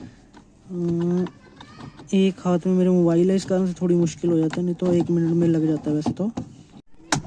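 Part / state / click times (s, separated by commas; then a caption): wiring connector into the central lock actuator in a car door / seated / 7.1 s. While someone talks, the plastic wiring coupler for the central-lock actuator inside the door of a 2015 Honda Amaze is pushed together during work on a central lock problem. After a faint scrape near 6.9 s, a sharp click at 7.1 s marks the connector locking into place.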